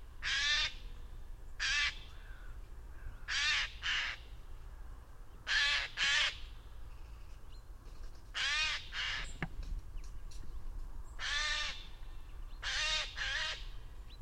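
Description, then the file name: Eurasian jay uttering a series of rough, noisy screeches at irregular intervals of roughly one to two seconds, over faint low background rumble. "Garrulus glandarius"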